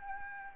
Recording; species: mosquito wingbeat signal from an infrared sensor; Anopheles gambiae